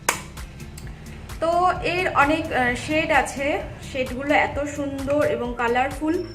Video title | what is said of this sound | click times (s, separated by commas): Hilary rhoda eyeshadow palette review | আর এখানে এরকম টক করে শব্দ হয়। | 0.1 s